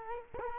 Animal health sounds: mosquito wingbeat signal from an infrared sensor; Culex quinquefasciatus

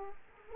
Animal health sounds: mosquito wingbeat signal from an infrared sensor; Culex quinquefasciatus

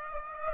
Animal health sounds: mosquito wingbeat signal from an infrared sensor; Aedes aegypti

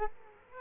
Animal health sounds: mosquito wingbeat signal from an infrared sensor; Culex quinquefasciatus

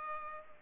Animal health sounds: mosquito wingbeat signal from an infrared sensor; Culex pipiens

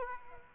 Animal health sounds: mosquito wingbeat signal from an infrared sensor; Aedes aegypti

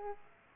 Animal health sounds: mosquito wingbeat signal from an infrared sensor; Aedes aegypti

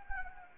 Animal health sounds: mosquito wingbeat signal from an infrared sensor; Anopheles arabiensis

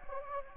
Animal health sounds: mosquito wingbeat signal from an infrared sensor; Anopheles gambiae

